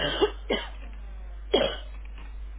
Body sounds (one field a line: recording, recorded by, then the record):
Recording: voluntary cough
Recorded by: telephone call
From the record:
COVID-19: negative